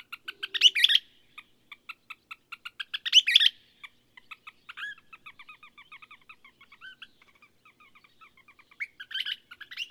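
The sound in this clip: Bird song with two loud buzzy bursts early on, then a long stretch of soft, rapid twittering before a third burst at the end.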